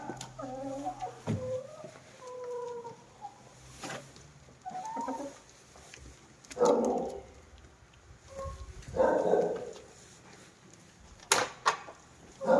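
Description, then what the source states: Chicken clucking in scattered short bursts with pauses between, with a dog barking a few times in the background. Hens cackling while eating in the recordist's own henhouse; dogs heard in the background.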